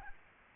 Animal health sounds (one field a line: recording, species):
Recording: mosquito wingbeat signal from an infrared sensor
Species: Aedes aegypti